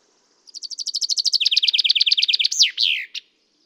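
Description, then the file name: Common chaffinch song: a rapid rattling trill of bright, descending chirps, ending with a sharp, sweeping flourish. "Fringilla coelebs"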